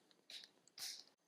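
The plastic bottom edge of a RhinoShield Mod NX bumper case, which was not fully snapped onto an iPhone 13 Pro or Pro Max, is pressed home by hand. It seats with a bright plastic snap at 0.3 s, followed by a few small ticks and a broader burst of plastic snapping around 0.8 to 1.0 s. The edge is now snapped into place and the case is good to go.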